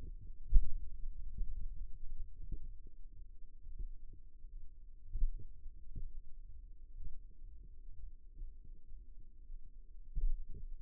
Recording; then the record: forearm muscle sounds (acoustic myography)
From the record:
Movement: finger pinch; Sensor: system 2, bracelet of six BSWA MPA416 microphones around the upper forearm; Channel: 2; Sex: male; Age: 22 years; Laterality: right